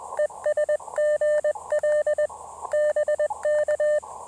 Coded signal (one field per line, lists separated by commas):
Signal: Morse code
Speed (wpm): 20 wpm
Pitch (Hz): 600 Hz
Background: none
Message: ES GL BK